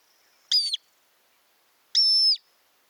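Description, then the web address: Montagu's harrier giving two drawn-out, high, squealing whistles, the second longer and steadier, with silence between them. "montagu's harrier. صدای-پرنده-سنقر-گندمزار"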